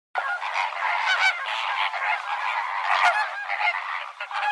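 Birds honking together in a crowded, continuous clamor of harsh nasal calls overlapping throughout.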